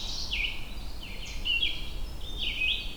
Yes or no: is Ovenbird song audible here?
no